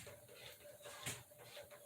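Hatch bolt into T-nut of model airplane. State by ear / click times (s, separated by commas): not seated / none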